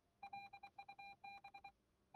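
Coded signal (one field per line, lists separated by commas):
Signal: Morse code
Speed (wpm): 24 wpm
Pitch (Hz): 2400 Hz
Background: none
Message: LUB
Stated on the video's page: Morse produced by a Morse encoding program.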